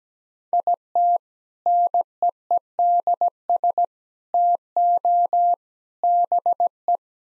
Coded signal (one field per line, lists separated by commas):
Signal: Morse code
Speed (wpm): 17 wpm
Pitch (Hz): 700 Hz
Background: none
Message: IT NEEDS TO BE